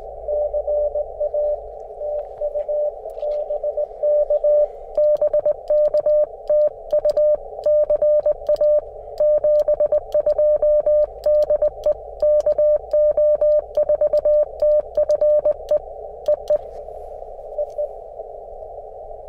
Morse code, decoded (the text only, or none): CA TU BK BK TU CA 72 DE KO4TFE EE EE